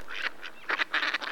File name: Кряква Germano